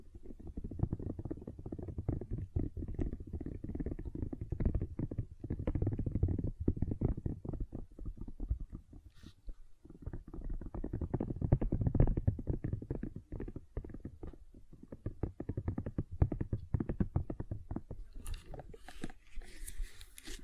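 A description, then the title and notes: Gentle silicone sounds: soft, squishy rubbing and pressing with dense, rapid little clicks and squelches, mostly low and muffled. A brief pause comes around nine seconds, and near the end brighter, sharper crinkling scratches rise over the softer handling. ASMR Gentle Silicon Sounds for Sleep (No Talking).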